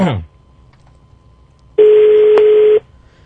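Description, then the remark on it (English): A phone call to the Sheraton Kampala hotel in Uganda rings once on the caller's end: a single loud, steady mid-pitched ringback tone lasting about a second, after a short descending chirp and a stretch of quiet line hiss. “Is it ringing? There it is.”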